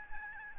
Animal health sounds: mosquito wingbeat signal from an infrared sensor; Aedes albopictus

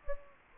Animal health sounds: mosquito wingbeat signal from an infrared sensor; Anopheles gambiae

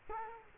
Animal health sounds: mosquito wingbeat signal from an infrared sensor; Culex quinquefasciatus

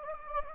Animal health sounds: mosquito wingbeat signal from an infrared sensor; Anopheles gambiae

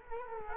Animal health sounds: mosquito wingbeat signal from an infrared sensor; Culex quinquefasciatus

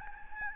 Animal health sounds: mosquito wingbeat signal from an infrared sensor; Aedes albopictus

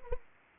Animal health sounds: mosquito wingbeat signal from an infrared sensor; Anopheles arabiensis

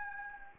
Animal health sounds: mosquito wingbeat signal from an infrared sensor; Anopheles gambiae

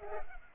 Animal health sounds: mosquito wingbeat signal from an infrared sensor; Culex pipiens

